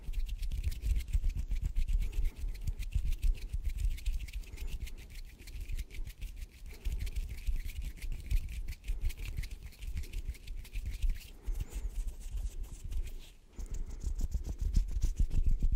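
Intense hand sounds: fast, continuous rubbing and scratching with a dense crackle of tiny strokes, heavy low thumps underneath and a bright hiss on top. The pace stays busy throughout, easing briefly around thirteen seconds before picking back up, louder, toward the end.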